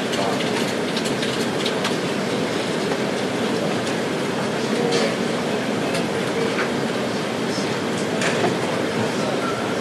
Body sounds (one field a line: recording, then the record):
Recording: background sound without coughing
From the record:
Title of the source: Office Sounds Ambience - Background Noise for Study and Work